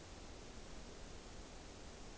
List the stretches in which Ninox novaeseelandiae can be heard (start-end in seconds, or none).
none